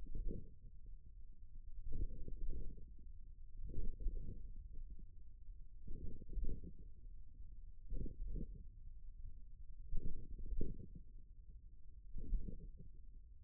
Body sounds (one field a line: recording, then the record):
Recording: forearm muscle sounds (acoustic myography)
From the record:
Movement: tripod grip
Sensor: system 1, eight BSWA MPA416 microphones around the upper forearm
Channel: 6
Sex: male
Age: 41 years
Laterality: right